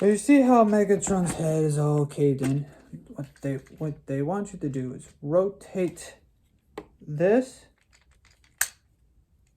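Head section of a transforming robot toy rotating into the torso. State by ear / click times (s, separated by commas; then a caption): seated / 8.6 s. Someone talks while rotating the head section of a plastic transforming robot toy into its torso during transformation. A few faint clicks follow, then a sharp, bright snap at 8.6 s as the head section seats into place.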